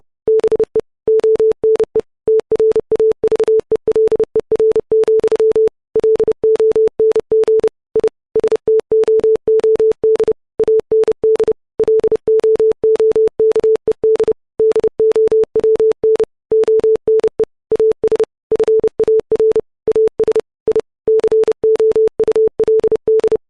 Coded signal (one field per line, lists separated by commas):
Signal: Morse code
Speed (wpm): 30 wpm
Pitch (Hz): 440 Hz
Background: none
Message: BE ONE TRAVELER, LONG I STOOD AND LOOKED DOWN ONE AS FAR AS I COULD